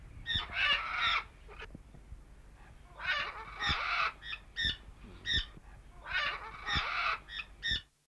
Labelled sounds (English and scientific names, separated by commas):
Cuban Amazon (Amazona leucocephala) call